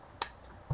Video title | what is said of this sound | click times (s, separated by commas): Fall of Cybertron GRIMLOCK | you hear that little click that means that no matter what this leg | 0.2 s